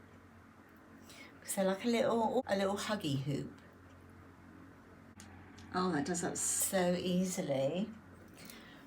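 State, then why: Seated. A small metal huggie hoop earring is put in and its hinged clasp is closed into its catch while someone talks. A faint, brief click is heard at 8.5 seconds as the clasp snaps shut, and the earring is seated.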